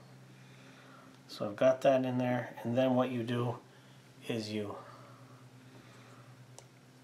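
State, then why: Seated. Someone talks, then the ratcheting clamp of a plastic smartphone tripod mount is closed onto a phone and gives a single sharp, hard click at 6.6 s. The clamp clicks home and the phone is seated in the mount.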